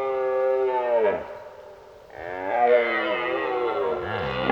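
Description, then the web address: Red deer roaring: a groaning bellow that drops at its end, a short lull, then a rougher series of falling and rising roars. During the rut, while driving the herd. "geluiden Burlen drijven"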